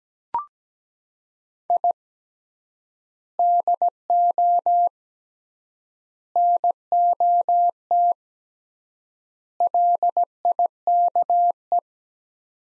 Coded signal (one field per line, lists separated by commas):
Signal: Morse code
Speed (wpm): 17 wpm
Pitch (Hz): 700 Hz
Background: none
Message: I DO NOT LIKE